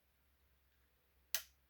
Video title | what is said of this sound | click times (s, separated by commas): Model #44 Episode 13: Preview #1 | At least I think that was a satisfying snap. | 1.4 s